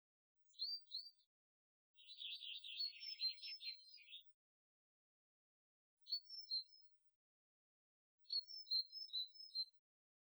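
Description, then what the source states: Bird song in short high phrases: a quick double chirp, a longer warbling burst of rapid notes, then two brief twittering phrases, separated by silence. Isolated birdsong.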